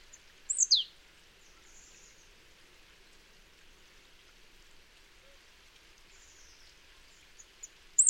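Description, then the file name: Marsh tit calls: a loud high downward-sweeping chip near the start, a long quiet gap with faint hiss, then more high sharp notes at the very end. "Poecile palustris"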